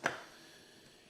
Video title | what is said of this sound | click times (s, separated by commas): Spiritual Technology - Immortality Time Travel and Omniscience | it'll snap in place, as that one did. | 0.1 s